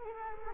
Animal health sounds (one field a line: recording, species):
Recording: mosquito wingbeat signal from an infrared sensor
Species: Culex quinquefasciatus